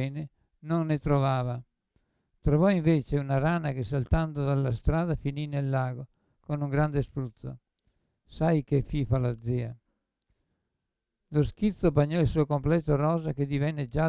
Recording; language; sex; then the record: read passage; Italian; male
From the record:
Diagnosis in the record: Parkinson's disease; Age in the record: 75 years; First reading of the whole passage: 62 s, 8.3 characters per second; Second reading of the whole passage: 57 s, 9.2 characters per second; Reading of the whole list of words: 53 s, 5.3 characters per second